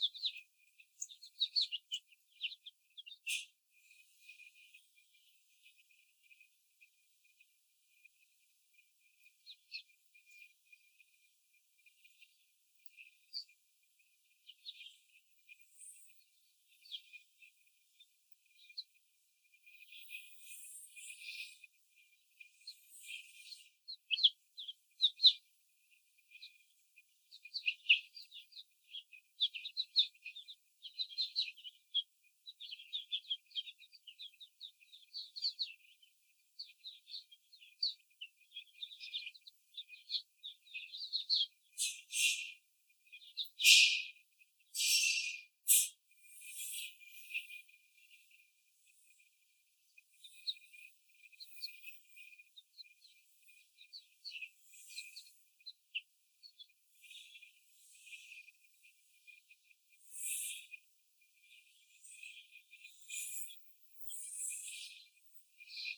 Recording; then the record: young laying hens in a cage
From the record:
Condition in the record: before the stressor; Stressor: simulated dog barking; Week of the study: 4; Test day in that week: 2